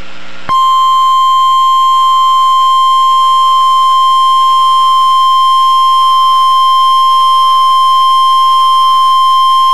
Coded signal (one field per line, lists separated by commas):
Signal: Emergency Alert System (SAME) tones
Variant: 1050 Hz attention tone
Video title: Tornado Warning (EAS #516)